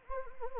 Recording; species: mosquito wingbeat signal from an infrared sensor; Anopheles arabiensis